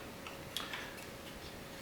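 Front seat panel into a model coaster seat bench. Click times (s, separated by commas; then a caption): 0.6 s. A small plastic or resin front panel is pressed down onto the seat bench of a GCI Millennium Flyer roller coaster car model from Lagoon, locking into its one locking point at the front. A faint tick at 0.3 s is followed by a sharp, brief snap at 0.6 s as the panel seats, over a low steady background hiss.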